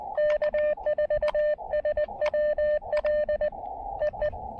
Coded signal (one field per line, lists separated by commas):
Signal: Morse code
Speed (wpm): 20 wpm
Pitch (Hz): 590 Hz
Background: radio noise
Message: K4SWL E E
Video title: Rendezvous Mountain SOTA & POTA: QRP DX with 5 watts and speaker wire!